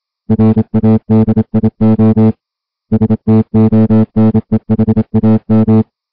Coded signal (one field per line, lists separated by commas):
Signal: Morse code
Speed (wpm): 27 wpm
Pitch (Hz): 220 Hz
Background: music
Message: RADIO STONEHAM